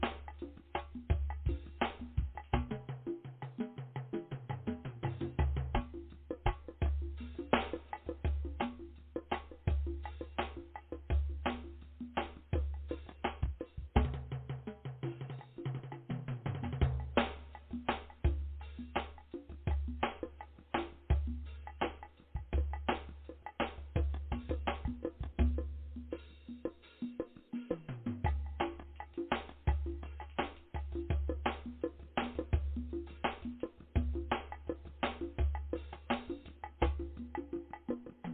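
Drumming with fast, dense hits throughout, crisp strikes arriving in quick regular runs. A deep, booming low tone sits underneath and drops out briefly around 3, 15 and 27 seconds before returning. Nothing above the middle range sounds; the top is dull.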